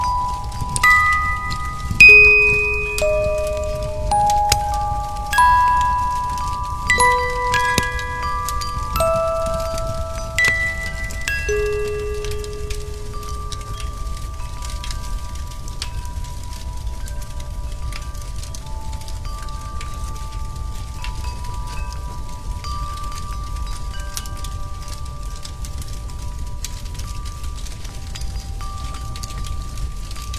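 Wind chimes ring out in a cluster of bright, clear notes during the first dozen seconds, then thin to a few long tones that hang and slowly fade. A soft, steady low hiss and faint scattered ticks sit underneath throughout.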